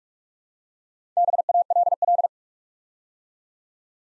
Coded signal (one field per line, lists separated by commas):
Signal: Morse code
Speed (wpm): 44 wpm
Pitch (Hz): 700 Hz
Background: none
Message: BALL